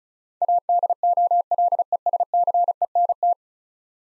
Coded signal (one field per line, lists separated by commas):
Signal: Morse code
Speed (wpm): 36 wpm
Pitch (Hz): 700 Hz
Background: none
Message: ADOLESCENT